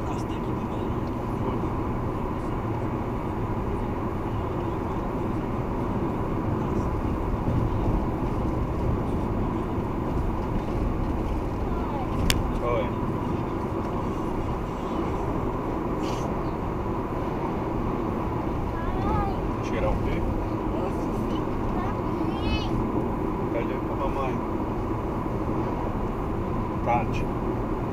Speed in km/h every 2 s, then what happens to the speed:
110, 110, 111, 113, 112, 112, 111, 111, 110, 108, 107, 108, 108, 106.
0-28 steady at about 110.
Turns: none.